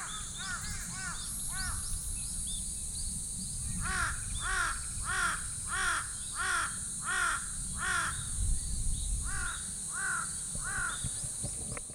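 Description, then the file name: Large-billed crow giving a run of hoarse, arched caws, roughly one or two a second, with short pauses, over a constant high-pitched hiss and low rumbling background noise. Ryukyu subspecies of large-billed crow. "ryuukyuuhasibutogarasu"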